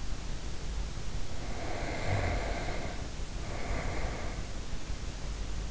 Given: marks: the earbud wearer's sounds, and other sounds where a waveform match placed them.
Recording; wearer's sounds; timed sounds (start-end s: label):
sounds in sleep by an in-ear microphone; breath
1.17-4.63 s: breath